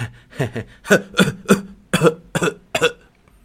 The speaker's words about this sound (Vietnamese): Một dòng máu tươi từ trong cổ họng theo tiếng ho đi ra